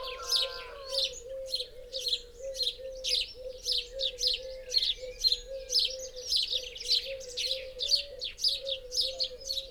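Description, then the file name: House sparrow chirps in a fast series, nearly two per second, above a repeated low wavering sound. "Passer domesticus"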